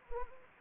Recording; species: mosquito wingbeat signal from an infrared sensor; Anopheles gambiae